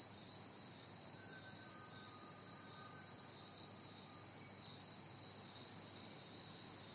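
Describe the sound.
Crickets in a steady, continuous high trill.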